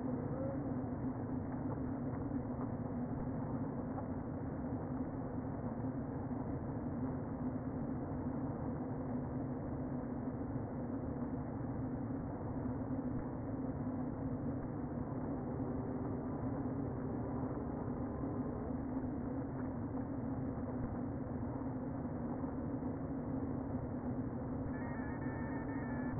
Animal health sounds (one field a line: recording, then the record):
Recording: honeybee colony, microphone inside the hive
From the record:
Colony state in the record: queen present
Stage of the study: before two queens were removed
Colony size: about 60,000 bees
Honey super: yes